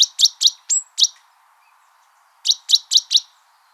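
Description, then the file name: Great tit: two bursts of four or five hard, high chinking notes, one note a short level whistle, separated by a second of quiet. "Parus major"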